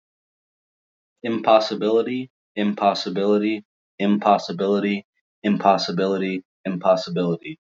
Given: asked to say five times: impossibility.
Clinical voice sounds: repeated word; male; 20 to 29 years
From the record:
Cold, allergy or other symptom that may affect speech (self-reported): no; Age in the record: 25 years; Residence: Ohio, United States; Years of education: 14

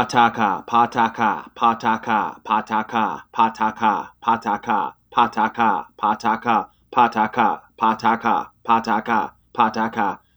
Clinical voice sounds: repeated syllables /pa ta ka/; male; 40 to 49 years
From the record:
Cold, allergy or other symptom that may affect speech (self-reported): no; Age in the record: 43 years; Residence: Wyoming, United States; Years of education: 16

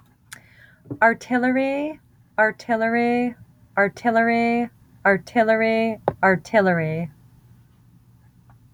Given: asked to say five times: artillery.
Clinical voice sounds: repeated word; female; 40 to 49 years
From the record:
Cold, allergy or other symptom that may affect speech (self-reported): no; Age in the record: 41 years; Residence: New Hampshire, United States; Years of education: 14

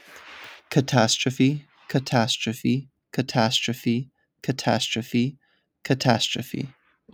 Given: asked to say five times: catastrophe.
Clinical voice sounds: repeated word; male; 30 to 39 years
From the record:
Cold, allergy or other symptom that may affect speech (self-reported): no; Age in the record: 30 years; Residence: Florida, United States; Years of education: 16

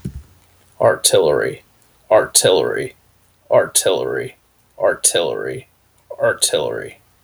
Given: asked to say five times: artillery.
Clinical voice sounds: repeated word; male; 30 to 39 years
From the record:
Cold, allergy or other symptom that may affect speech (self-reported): no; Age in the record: 31 years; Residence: South Carolina, United States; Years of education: 16

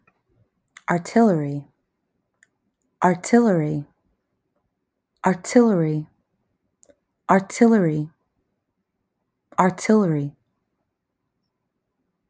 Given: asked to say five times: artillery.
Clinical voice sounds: repeated word; female; 20 to 29 years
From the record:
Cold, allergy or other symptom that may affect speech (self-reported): no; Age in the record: 22 years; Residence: Georgia, United States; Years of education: 17

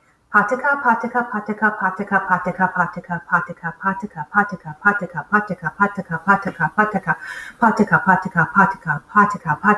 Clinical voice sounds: repeated syllables /pa ta ka/; female; 40 to 49 years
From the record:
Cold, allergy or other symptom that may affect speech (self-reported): no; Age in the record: 44 years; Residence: Massachusetts, United States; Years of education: 15

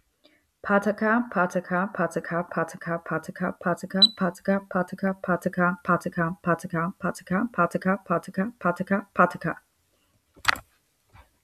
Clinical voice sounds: repeated syllables /pa ta ka/; female; 30 to 39 years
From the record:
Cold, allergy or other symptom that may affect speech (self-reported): no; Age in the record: 33 years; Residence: Florida, United States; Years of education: 2

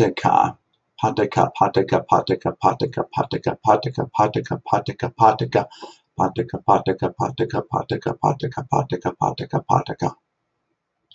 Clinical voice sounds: repeated syllables /pa ta ka/; male; 30 to 39 years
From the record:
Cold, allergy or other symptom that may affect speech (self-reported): no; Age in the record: 31 years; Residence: Wisconsin, United States

